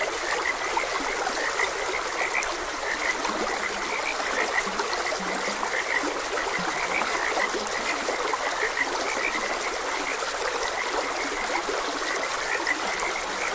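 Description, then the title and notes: Frogs keep up a continuous chorus of quick, rattling croaks, mixed with the constant wash of trickling water. Frogs croaking beside a gentle stream. "Gentle Stream and Frogs Croaking. Sleep and Relaxation Podcast"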